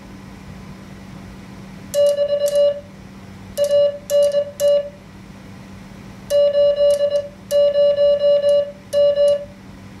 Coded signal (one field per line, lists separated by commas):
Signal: Morse code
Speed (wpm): 21 wpm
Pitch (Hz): 580 Hz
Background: none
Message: <BT> ANT 80M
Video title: Practice Morse Code with a Machine